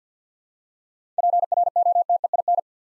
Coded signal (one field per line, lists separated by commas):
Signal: Morse code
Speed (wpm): 52 wpm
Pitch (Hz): 700 Hz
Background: none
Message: PROTEIN